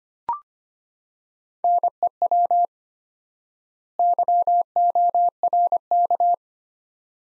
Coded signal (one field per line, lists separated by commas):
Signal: Morse code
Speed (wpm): 25 wpm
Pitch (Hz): 700 Hz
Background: none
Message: NEW YORK